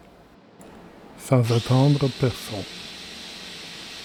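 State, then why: Seated. The keyless chuck sleeve of a cordless drill-driver is tightened firmly by hand around the drill bit, giving a short click at 0.6 s that locks the chuck and holds the bit in position. Someone then talks from about 1.3 to 2.6 s over a low steady background.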